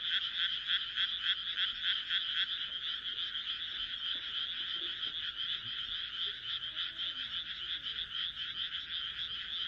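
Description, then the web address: Frog chorus with crisp pulsing croaks at first, then a denser, blended high trill. "kaeru kaeru"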